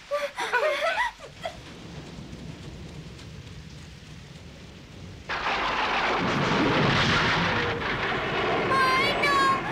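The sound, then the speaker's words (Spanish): Rain hisses steadily, soft at first and then suddenly pouring much louder halfway through. Voices briefly cry out at the start and again near the end. “¡Ay, no! ¡Está lloviendo!”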